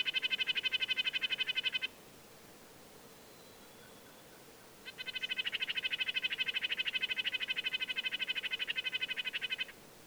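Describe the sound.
Red-breasted nuthatch giving fast runs of buzzy, nasal harmonic notes: a two-second burst, a pause, then a longer five-second rattling series.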